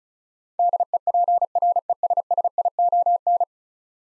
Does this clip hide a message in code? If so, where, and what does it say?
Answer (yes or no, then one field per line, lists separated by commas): yes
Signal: Morse code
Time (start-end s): 0.6-3.4 s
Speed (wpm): 34 wpm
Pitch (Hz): 700 Hz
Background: none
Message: DEPRESSION